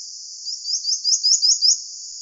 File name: canto do balanca rabo leitoso